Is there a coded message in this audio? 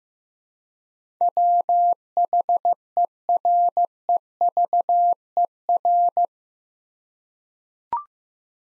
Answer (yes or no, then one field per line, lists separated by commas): yes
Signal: Morse code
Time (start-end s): 1.2-6.3 s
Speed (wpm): 15 wpm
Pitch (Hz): 700 Hz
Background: none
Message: WHEREVER